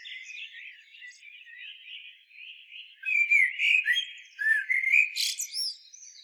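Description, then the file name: Common blackbird song. Soft warbling swells into a louder fluty phrase that ends with a sharp, high-pitched squeak. "Turdus merula"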